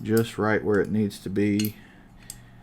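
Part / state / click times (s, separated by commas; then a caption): pistol barrel into slide / seated / 2.3 s. Someone talks while a steel barrel is wiggled into position in a 1911 pistol slide during reassembly. A single sharp click is heard at 2.3 s as the barrel locks into the slide.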